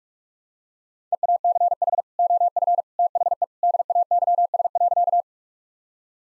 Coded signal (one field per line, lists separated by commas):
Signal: Morse code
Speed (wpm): 42 wpm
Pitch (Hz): 700 Hz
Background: none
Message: EACH OF THE DAYS.